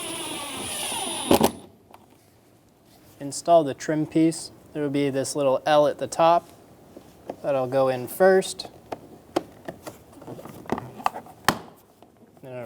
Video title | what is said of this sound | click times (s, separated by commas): How to Replace Front Power Window Regulators 2000-2007 Ford Focus | swivel down and click into place | 11.5 s